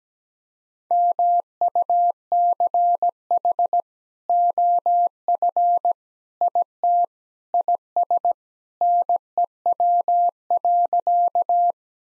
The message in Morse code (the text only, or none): MUCH OF IT IS NEW.